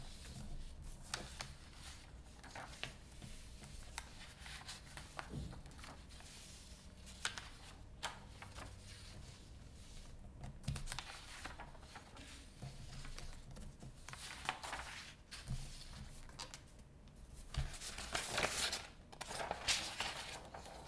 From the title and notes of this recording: ASMR Office [ROLEPLAY] Typing, Paper, Clicking sounds.